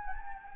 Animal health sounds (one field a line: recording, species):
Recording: mosquito wingbeat signal from an infrared sensor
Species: Anopheles gambiae